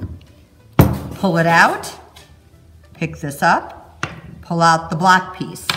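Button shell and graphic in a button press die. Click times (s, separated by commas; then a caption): 0.8 s. A button-making press handle is clamped down once to press a pin-button shell and its graphic together in the press die, giving a loud, sharp click at about 0.8 s as the press bottoms out. The handle is then brought back up and someone talks, and the button is pressed and seated.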